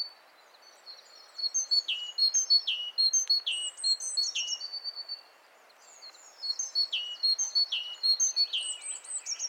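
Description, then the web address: Great tit calls: high, thin chirps with quick downward sweeps, packed in two rapid bursts separated by a brief quiet gap. "SETE Parus major"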